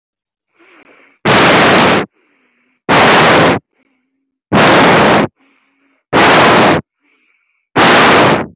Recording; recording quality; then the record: shallow breathing; excellent, no background noise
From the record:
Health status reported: healthy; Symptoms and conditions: none ticked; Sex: male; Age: 25 years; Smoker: not ticked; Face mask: not worn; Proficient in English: yes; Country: India